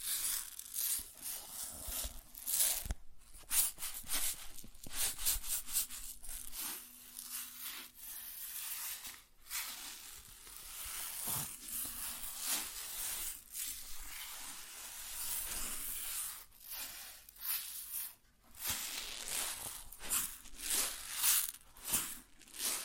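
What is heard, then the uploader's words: Grain pours and shifts in a steady, dense hiss of tiny rattling particles, bright and crackly like sizzling. The flow surges and thins unevenly, with short gaps and sharper bursts near 3, 9, 11 and 18 seconds, and a faint low hum underneath. ASMR Grain Sounds (No Talking).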